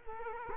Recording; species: mosquito wingbeat signal from an infrared sensor; Culex quinquefasciatus